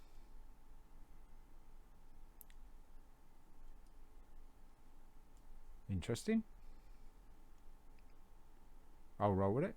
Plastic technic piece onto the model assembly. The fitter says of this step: Snaps into place.